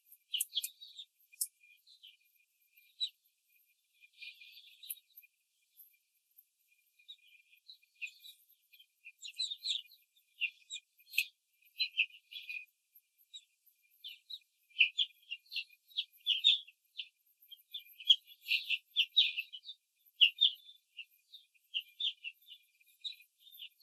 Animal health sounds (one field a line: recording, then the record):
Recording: young laying hens in a cage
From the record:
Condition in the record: control cage, before the stress test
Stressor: none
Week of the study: 4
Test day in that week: 3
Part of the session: 1